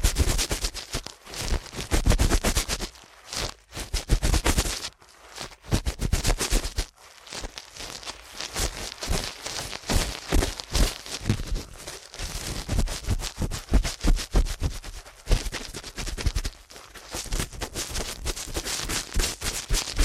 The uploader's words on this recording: ASMR Ear Cleaning at Helicopter Speed.